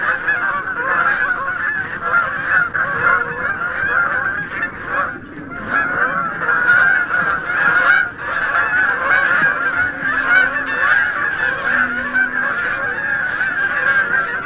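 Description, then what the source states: Canada Goose flock giving flight calls, a continuous stream of nasal honks with varied call shapes, brief dip in volume about a third of the way through. Several call types from a flying flock, recorded in West Rügen on Germany's Baltic coast.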